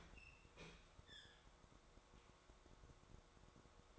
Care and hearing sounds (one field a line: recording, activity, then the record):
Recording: daily activity, microphone in the room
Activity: open fridge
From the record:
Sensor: 3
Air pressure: 1004.6 hPa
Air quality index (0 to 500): 193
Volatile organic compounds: 13 ppm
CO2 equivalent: 2423 ppm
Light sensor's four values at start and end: 5/12/4/4 and 5/12/4/4